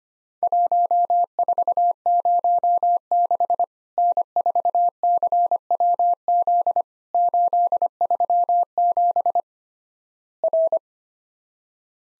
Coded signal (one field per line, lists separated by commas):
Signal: Morse code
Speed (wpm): 25 wpm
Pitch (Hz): 700 Hz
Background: none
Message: 1406 N4CWZ 837 R